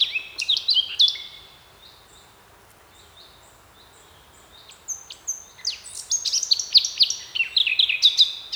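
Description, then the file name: Eurasian blackcap song: rapid warbled phrases of high whistled notes and quick slurs, a pause of a few seconds, then another run of fast varied notes. "Sylvia atricapilla"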